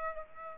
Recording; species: mosquito wingbeat signal from an infrared sensor; Aedes aegypti